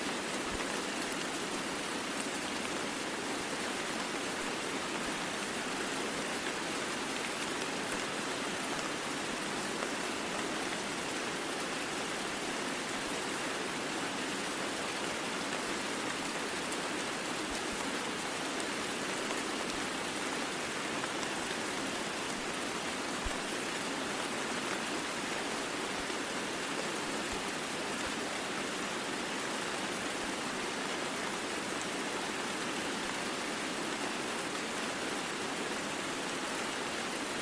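Rain falls steadily in the woods, a dense, even hiss of countless drops with no pauses or swells over the whole stretch. The sound sits bright and airy with very little low rumble, and no other sounds stand out above the downpour.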